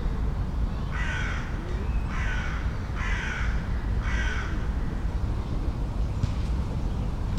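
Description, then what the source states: Crow cawing, four harsh, even caws about a second apart, over a steady low rumble. Morning ambience in Millfields Park, London.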